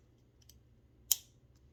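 The latching head of a M.A.R.S. safety razor with an injector blade is closed after a struggle to shut it, its latch pressing down on the blade housing. A couple of faint ticks come at about 0.4 and 0.5 s, then one loud, sharp snap at 1.1 s with a short bright tail. The head latches shut.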